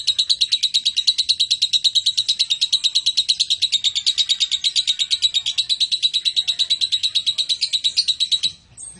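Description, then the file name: Lovebird chattering: an unbroken, rhythmic buzzy trill of rapid pulses that stops abruptly near the end. Blue colour variety. "lovebird blue reg omkicau"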